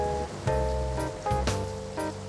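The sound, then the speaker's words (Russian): A wind and thunderstorm soundscape, wind moaning around a house at night: a steady, rushing roar with deep low rumbling and several short crackling surges, over a sustained humming tone. No one speaks. “И сквозь шум ветра и грозы призрак слышал раскатистый храп посла Соединенных Штатов.”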